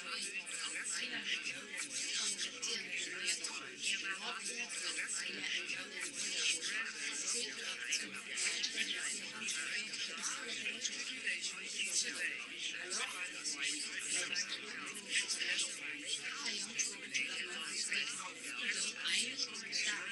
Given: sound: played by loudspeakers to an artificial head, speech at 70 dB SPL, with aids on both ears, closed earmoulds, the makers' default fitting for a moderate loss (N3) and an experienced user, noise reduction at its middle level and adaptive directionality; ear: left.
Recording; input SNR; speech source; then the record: speech test signal (ISTS) in cocktail-party noise; -6 dB; on the right (90 degrees)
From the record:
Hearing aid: class 1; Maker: J